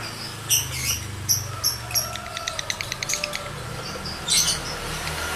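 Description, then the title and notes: Lovebird song: a few piercing chirps, then a quick run of dry clicking ticks and a closing shrill squeak, with a faint low hum behind. Male lovebird in breeding condition; its song is used to stimulate other lovebirds to sing. "Birahi Lovebird Jantan ke Gacor. Pancingan Suara Lovebird jantan birahi"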